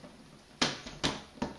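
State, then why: Not seated. A clear plastic hinged front door is lined up with the opening of a thin plastic shoe storage box frame to be snapped into place. Three sharp, bright plastic taps land at about 0.6, 1.0 and 1.4 seconds, each fading quickly against a faint background. Nothing has seated or clicked into place yet.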